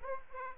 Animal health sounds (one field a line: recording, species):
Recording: mosquito wingbeat signal from an infrared sensor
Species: Aedes aegypti